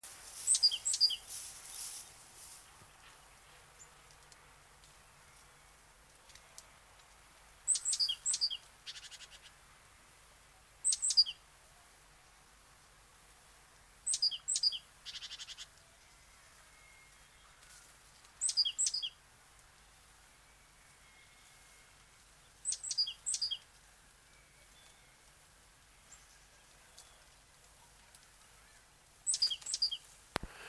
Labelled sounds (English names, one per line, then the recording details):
Great Tit call
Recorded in the wild
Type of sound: call
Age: adult
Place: Stubbenfelde, Insel Usedom, Mecklenburg-Vorpommern, DE
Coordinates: 54.035, 14.0311
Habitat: alder swamp, reeds
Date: 1983-09-21 18:30
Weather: overcast, 14°C
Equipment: Nagra SN, Sennheiser MKH 416 T, Kopie Uher 4000 Report Monitor
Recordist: Tembrock, Günter
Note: Rufe. Erlenbruchzone direkt am Schilfgürtel des Kölpinsees